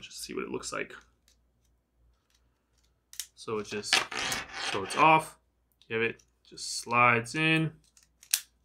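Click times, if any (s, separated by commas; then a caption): 8.3 s. A white swappable cover is slid into a gaming mouse body while someone talks, and it clicks in at 8.3 seconds. The cover is not seated right and has to be redone.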